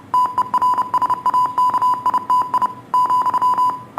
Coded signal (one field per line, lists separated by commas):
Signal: Morse code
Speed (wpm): 29 wpm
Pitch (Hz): 1000 Hz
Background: none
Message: TERSAKITI ,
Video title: Practice Morse Code